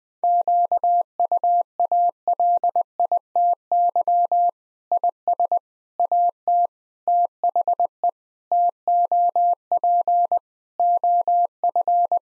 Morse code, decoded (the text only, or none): QUALITY IS AT THE TOP OF